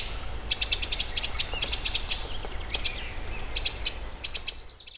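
Eurasian wren song: rapid high trills and sharp ticking notes in short bursts, with a continuous low background rumble.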